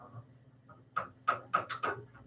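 The torque-limiting clutch on a circuit breaker remote racking unit's motor drive head has been loosened so the head spins, and both controls are pushed down together. The clutch slips with sharp clicks at 1.0, 1.3, 1.6 and 1.8 seconds, limiting the output to about 15 foot-pounds. A faint tick comes earlier at 0.7 seconds, and a steady low hum runs underneath.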